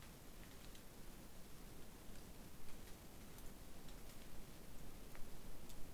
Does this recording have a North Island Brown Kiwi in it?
no